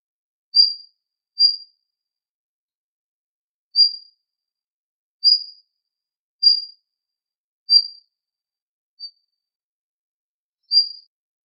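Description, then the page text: Daurian redstart giving thin, high, short call notes, eight of them spaced irregularly, with no other sounds. "ジョウビタキ"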